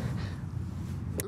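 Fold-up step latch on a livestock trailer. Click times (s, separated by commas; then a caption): 1.2 s. The fold-up entry step latch on a 2023 Cimarron Coach stock combo livestock trailer is folded up and pushed by a gloved hand, which makes it a little harder to do. A steady low rumble runs under the clip, then a single sharp hit at 1.2 s marks the latch locking into place.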